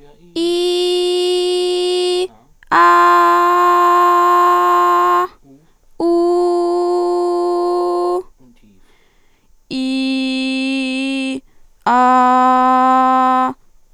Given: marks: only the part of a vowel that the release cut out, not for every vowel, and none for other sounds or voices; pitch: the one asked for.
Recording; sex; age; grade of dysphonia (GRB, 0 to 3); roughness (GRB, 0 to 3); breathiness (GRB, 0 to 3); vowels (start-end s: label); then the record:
sustained vowels; female; 20 to 29 years; 0; 0; 0
0.55-2.12 s: vowel /i/, high pitch
3.21-5.12 s: vowel /a/, high pitch
6.11-7.97 s: vowel /u/, high pitch
9.80-11.22 s: vowel /i/, low pitch
12.00-13.40 s: vowel /a/, low pitch
From the record:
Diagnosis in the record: healthy voice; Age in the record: 20 years